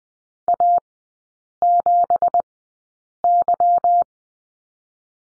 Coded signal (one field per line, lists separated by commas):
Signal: Morse code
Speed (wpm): 20 wpm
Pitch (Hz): 700 Hz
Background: none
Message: A7Y